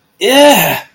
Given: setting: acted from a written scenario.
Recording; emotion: vocal sound without words; elation